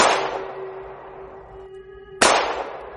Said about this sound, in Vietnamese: Hai tiếng súng truyền tới từ phía sau lưng.